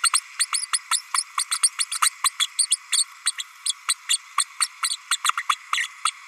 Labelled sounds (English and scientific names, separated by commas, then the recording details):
Green-rumped Parrotlet (Forpus passerinus) babbling
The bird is a female
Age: 32 days
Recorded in a nest box in Venezuela
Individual 17B32A5